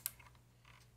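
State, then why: Seated. A plastic push pin of a stock CPU cooler is pressed down into its motherboard mounting hole, giving a sharp click at 0.1 s. Two fainter taps follow at about 0.2 s and 0.35 s, then quiet handling noise. The pin is seated.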